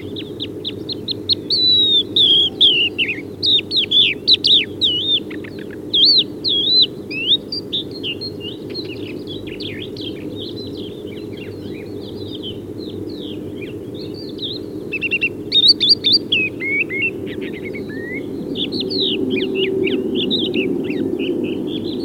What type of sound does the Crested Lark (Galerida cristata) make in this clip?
song